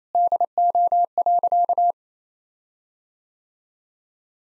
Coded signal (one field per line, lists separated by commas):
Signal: Morse code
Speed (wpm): 28 wpm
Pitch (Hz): 700 Hz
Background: none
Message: DO.